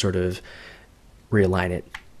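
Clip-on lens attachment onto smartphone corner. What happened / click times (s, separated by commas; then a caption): The clip-on attachment is handled but has not seated yet / none. Someone talks while an olloclip 4-in-1 clip-on photo lens attachment is handled and realigned on the corner of an iPhone 5/5s, with faint handling noise between the words. Nothing has seated or clicked yet.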